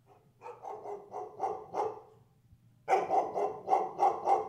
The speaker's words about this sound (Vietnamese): Con chó to, lông đen tuyền, cái mõm ngắn tũn, quai hàm bạnh ra. Nó cứ chừng mắt nhìn Thu mà sủa ông ổng, làm cho Thu tự nhiên thấy sợ.